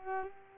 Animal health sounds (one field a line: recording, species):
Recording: mosquito wingbeat signal from an infrared sensor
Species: Culex pipiens